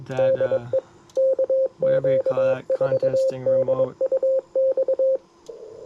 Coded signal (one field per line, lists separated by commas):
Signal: Morse code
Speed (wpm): 23 wpm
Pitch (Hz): 530 Hz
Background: speech, radio noise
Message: DE KQ4DUX